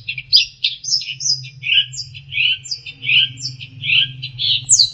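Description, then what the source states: Long-tailed shrike song: lively varied phrases of high chirps and short slurred whistles, delivered steadily without pause over a constant low hum. Master song recording used for training songbirds.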